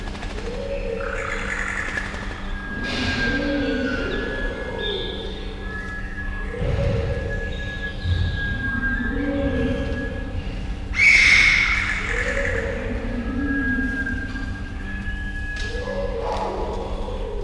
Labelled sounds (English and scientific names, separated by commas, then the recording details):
Sunbittern (Eurypyga helias)
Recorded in captivity
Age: adult
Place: Tierpark Berlin, Berlin, DE
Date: 1974-01-26 10:40
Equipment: Uher 4200 Report Monitor, Verst., Sennheiser MD 421
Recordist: Tembrock, Günter